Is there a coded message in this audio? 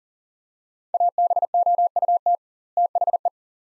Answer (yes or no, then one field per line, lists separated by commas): yes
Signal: Morse code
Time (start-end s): 0.9-3.3 s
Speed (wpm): 40 wpm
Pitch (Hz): 700 Hz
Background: none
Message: ABOUT THE